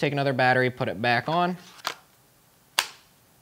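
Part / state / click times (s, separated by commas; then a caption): flight battery into drone body / seated / 2.8 s. Someone talks, then a fresh flight battery is slid into the back bay of an Autel EVO Lite 6K Enterprise camera drone and pushed home. A soft tap comes at about 1.9 s, then a sharp plastic click at 2.8 s as the battery seats in place.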